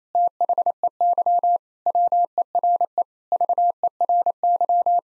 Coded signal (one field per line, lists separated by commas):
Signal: Morse code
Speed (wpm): 28 wpm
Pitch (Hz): 700 Hz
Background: none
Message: THEY WERE VERY